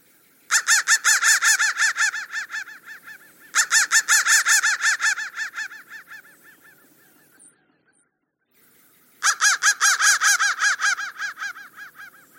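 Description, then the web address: Crow repeating rapid, grating caw series three times, each run loud at first and fading; the first two runs are nearly back to back and the third follows a short quiet gap. "soundfactory crow 1"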